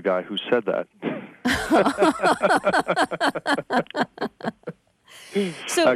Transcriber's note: soundbite of laughter